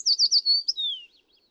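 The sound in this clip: American tree sparrow song fragment: a quick series of high warbled notes running into a smooth, descending whistle.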